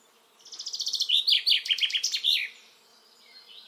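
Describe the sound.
Common chaffinch song, a fast series of repeated notes that slows into lower, stronger notes and ends with a short flourish.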